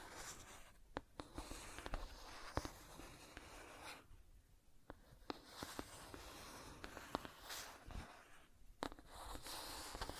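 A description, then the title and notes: Dry scratching and tracing, like a point dragged over paper, runs in bursts across the whole ten seconds with short pauses around four and six seconds. Sharp little ticks and taps punctuate the strokes. ASMR 1 Hour Scratching and Tracing Sounds (No Talking).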